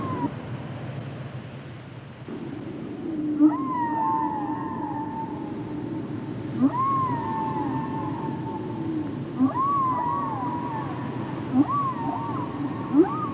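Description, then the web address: Whale song of long arching whistled tones repeated every couple of seconds, with brief clicks below and a steady low hum. "Natures Songs Whale Songs Whales and Dolphins - whale nature sounds songs"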